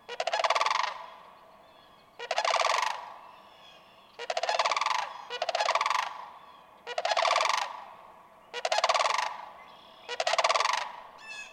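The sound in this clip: Sandhill crane calling with harsh, trilled, rolling bugles, several bursts at somewhat uneven intervals.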